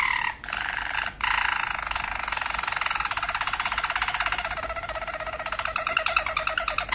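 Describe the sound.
Domestic canary song, a fast, dense buzzy roll held for several seconds after two brief pauses near the start, with a slight low background hiss.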